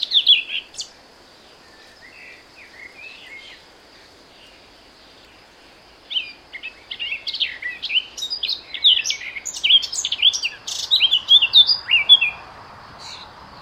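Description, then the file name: Eurasian blackcap song: a sharp opening note, then quiet scratchy twittering, building after six seconds into a fast, varied, high warble of whistled and chattering notes. "Sylvia atricapilla"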